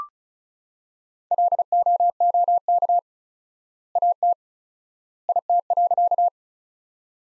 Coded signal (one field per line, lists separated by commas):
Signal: Morse code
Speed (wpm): 34 wpm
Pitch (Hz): 700 Hz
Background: none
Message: LOOK AT IT.